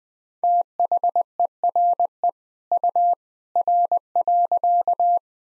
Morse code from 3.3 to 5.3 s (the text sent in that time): R.